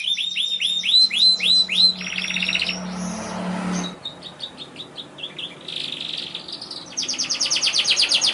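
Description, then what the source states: Canary song, loud repeated sweeping whistled notes, then buzzy rapid trills and a harsh rattle, switching between phrases, with a low hum beneath. Young canary song used as a lure and tutor song for training other canaries.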